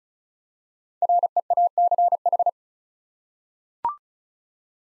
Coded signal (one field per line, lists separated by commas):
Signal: Morse code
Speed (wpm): 36 wpm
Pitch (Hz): 700 Hz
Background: none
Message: REACH